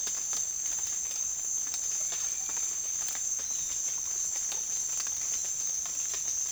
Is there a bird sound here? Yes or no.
no